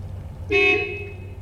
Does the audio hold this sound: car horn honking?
yes